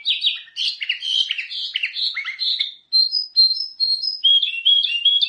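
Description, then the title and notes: Sooty-headed bulbul song of varied slurred and dropping notes, a brief gap, then higher clear whistles and a closing series of repeated chirps. Singing vigorously ('gacor'). "kutilang gacor"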